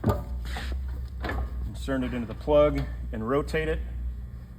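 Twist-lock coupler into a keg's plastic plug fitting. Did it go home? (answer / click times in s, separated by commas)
no / none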